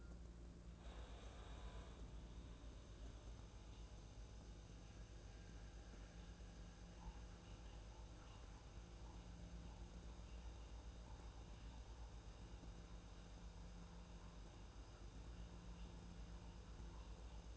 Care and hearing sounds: daily activity, microphone in the room; make coffee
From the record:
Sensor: 2

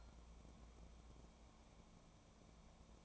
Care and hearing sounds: daily activity, microphone in the room; take from stove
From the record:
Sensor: 1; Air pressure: 1000.0 hPa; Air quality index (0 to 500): 131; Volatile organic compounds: 2 ppm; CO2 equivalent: 1246 ppm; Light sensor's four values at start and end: 42/107/45/56 and 42/105/44/55

